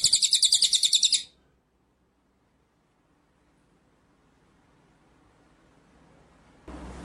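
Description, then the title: White-rumped shama giving a brief, high, buzzing trill, followed by a long stretch of near silence and a sudden burst of noise. Masteran (training) song; full ngerol and nembak song styles. "Masteran Murai Batu Full Ngerol Nembak"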